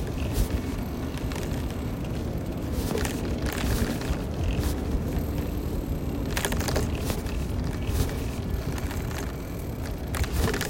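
Bicycle gears turn under a steady, dense low rumble of riding that holds level throughout. Short bright rustles and ticks of clothing rubbing break through every second or two, clustering around the middle and near the end.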